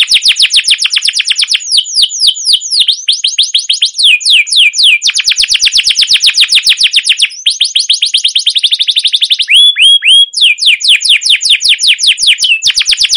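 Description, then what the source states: Canary song, a continuous rapid rolling trill of chirped notes with brief shifts in rhythm, sustained throughout. Canary with long, continuous trilling 'ngerol' and 'cuit cuit' song, used as a lure and master recording for training other canaries.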